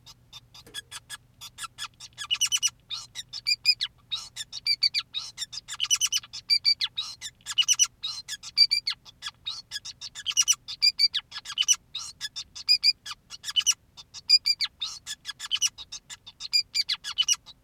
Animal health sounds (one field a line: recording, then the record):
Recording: song of a male Bengalese finch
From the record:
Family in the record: son of father 2, and himself father 5